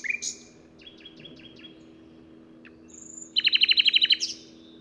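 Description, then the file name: Common nightingale song: opening whistles, a string of short even notes, a high thin whistle, then a loud rapid series of repeated notes. "Luscinia megarhynchos"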